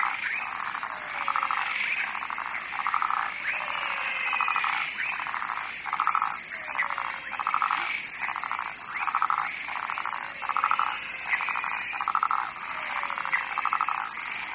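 Frog croaks come as short pulsed rattles in a steady series, backed by thin higher chirps and a continuous hiss.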